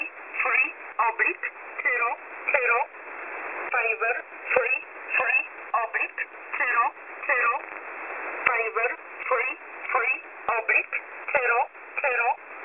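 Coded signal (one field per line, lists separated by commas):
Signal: numbers station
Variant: E11 Oblique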